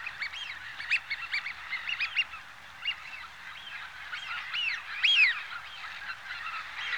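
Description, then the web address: Eurasian wigeons whistling together, many clear arched 'wheeoo' whistles overlapping in a lively chorus, with one louder whistle standing out near the fifth second. Large flock of Eurasian wigeons. "BBC Sound Effects Library. Wigeon (Anas Penelope)"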